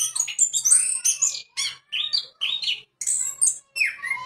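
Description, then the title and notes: Orange-headed Thrush singing a short burst of rapid, varied whistles and squeaky notes over a faint low hum. "anis_merah. Kicau Burung Anis"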